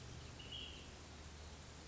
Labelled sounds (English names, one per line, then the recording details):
Ash-throated Flycatcher
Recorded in Sonoma County, California